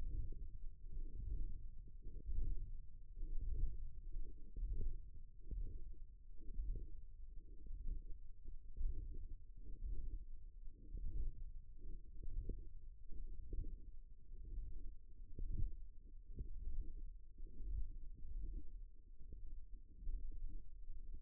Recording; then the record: forearm muscle sounds (acoustic myography)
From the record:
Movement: ulnar deviation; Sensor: system 1, eight BSWA MPA416 microphones around the upper forearm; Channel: 8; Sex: female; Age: 20 years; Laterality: right